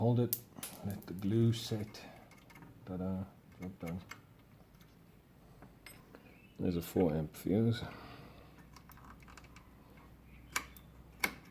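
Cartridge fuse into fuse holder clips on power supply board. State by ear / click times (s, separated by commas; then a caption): seated / 11.2 s. Someone talks while a 4 amp glass cartridge fuse is pressed into the repaired metal clip fuse holder on a Star Wars pinball power supply board. The fuse snaps into the clips with a sharp click at 11.2 s and is seated.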